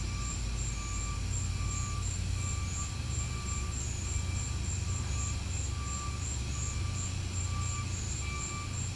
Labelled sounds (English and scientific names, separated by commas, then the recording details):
none
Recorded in pastures near Puerto Asís, Putumayo, Colombia, on 15 December 2024 at 13:30
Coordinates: 0.505, -76.324
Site G063